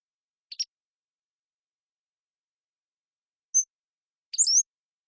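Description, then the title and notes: Pacific-slope flycatcher singing high, sharp notes: a quick chip, a short pure tone, then a slurred rising phrase, spaced by pauses on a silent background. Long song sequence recorded with a parabolic microphone, processed clean for sound-effects use while keeping natural rhythm and pace. "Pacific-Slope Flycatcher, Empidonax difficilis A long song sequence captured with a parabolic"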